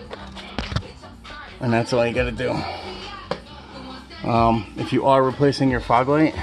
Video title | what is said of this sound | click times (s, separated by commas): 2013 Ford Fusion Fog light bulb/housing removal and installation | And then when you go to put it back in, you'll hear this snap. | 0.6 s